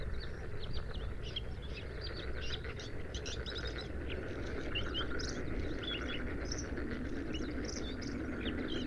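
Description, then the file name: Bluethroat delivering scratchy, varied song of chips and thin whistles over a steady low hum. Recorded 5 May 2025 at 06:10 at Sha Cheng Wetland, Hebei, China; three bursts of song separated by fades. "2025-05-05-0610-Bluethroat- three-bursts-of-song-separated-by-fades-Sha Cheng-Wetland-Hebei"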